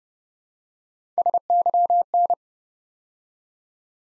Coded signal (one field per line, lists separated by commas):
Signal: Morse code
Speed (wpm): 28 wpm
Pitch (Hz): 700 Hz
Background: none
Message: SYN